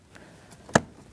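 On a 2016–2019 Chevrolet Cruze, with the cabin air filter in place, the plastic filter housing cover tab is pushed into the filter housing to lock it. A few faint ticks come at about 0.2, 0.5 and 0.7 s, then a single sharp, bright plastic click at 0.8 s as the cover locks in and seats.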